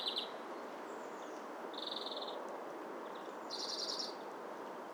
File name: Chloris chloris